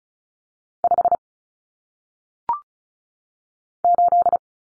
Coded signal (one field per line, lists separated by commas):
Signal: Morse code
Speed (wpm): 34 wpm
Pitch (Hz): 700 Hz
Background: none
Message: 5 8